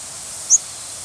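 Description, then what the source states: Yellow-rumped warbler flight call: one very high, thin note lasting only a split second, over a faint steady background hiss. Night flight call.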